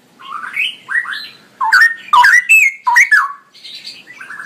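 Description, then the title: Straw-headed bulbul song: a rolling sequence of loud, liquid, bubbling notes that sweep up and down, after softer warbled notes. Male; described in Indonesian as gacor (singing persistently) with a loud voice and long 'ROoo EL' phrases; master recording for training songbirds. "GILEEE Cucak ROWO Jantan GACOR Suara Lantang ROoo EL Panjang"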